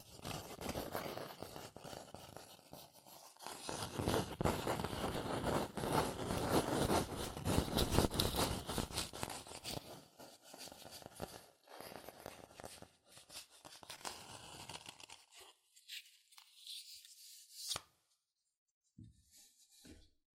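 Fast tapping, scratching and tracing on cardboard and paper, dense and busy through the middle, thinning into scattered strokes with a short silence near the end.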